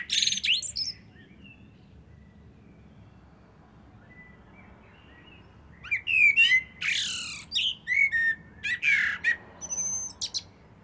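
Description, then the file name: Eurasian blackbird song: a high squeaky twitter opens, then after a pause several phrases of low fluted warbles mixed with thin squeaky notes. "Turdus merula"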